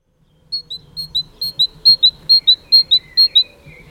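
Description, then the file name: Great tit song: about seven rapid two-note pairs, high then slightly lower, growing louder, with softer, lower notes late; faint low hum underneath. "Parus major"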